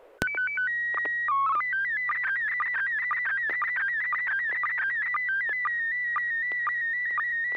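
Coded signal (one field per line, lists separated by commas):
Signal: SSTV (slow-scan television)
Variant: PD 120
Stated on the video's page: Amateur SSTV net on a 441.300 MHz FM repeater in Sacramento, California.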